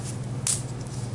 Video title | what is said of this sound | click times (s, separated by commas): Poloxamer Gel | right here the click sound now shake a little bit well so that you have a you know nice mixture and | 0.5 s